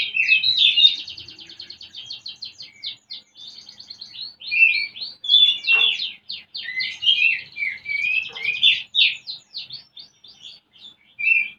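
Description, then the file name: Oriental magpie-robin song: a continuous, fast stream of scratchy trills and whistled notes, with rapid repeated ticking elements and a few sharp clicks. Lure recording used to stimulate a bird's singing and breeding arousal (birahi). "kacer pancingan birahi"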